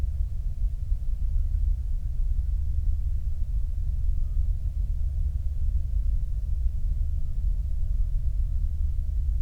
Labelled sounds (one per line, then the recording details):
flare stack
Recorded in the Prudhoe Bay oil fields, Alaska, on 8 July 2019 at 06:16
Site 25